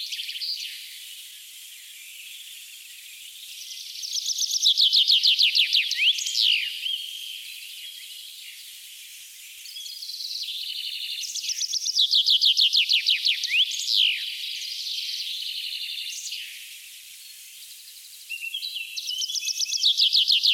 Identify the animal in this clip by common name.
Common Chaffinch